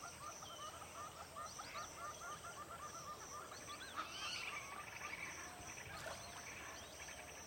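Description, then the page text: African fish eagle calls, a quick series of yelping, downslurred notes over the first three seconds, with other birds chattering and high insect-like buzzing in the background. African fish eagles calling at dawn over water at Djoudj National Bird Sanctuary, Senegal, with other bird calls. "African fish eagles. Recorded by George Vlad"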